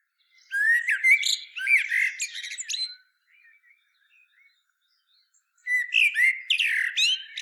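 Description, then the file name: Common blackbird song: two warbled phrases with squeaky high twitters, separated by a quiet gap of about three seconds with faint soft notes. "Turdus merula"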